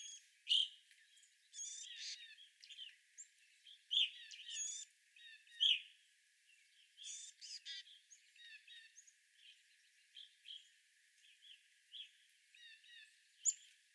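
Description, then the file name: Evening grosbeak calls: a few loud notes at irregular intervals amid soft chirping and high twittering. Several evening grosbeaks recorded on 25 April 2021. "2021-04-25 Evening Grosbeaks"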